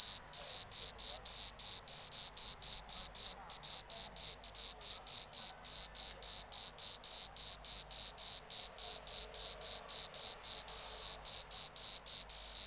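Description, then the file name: Bordeaux cricket producing a continuous string of rapid high chirps, regular and unbroken, around four per second. "Modicogryllus bordigalensis"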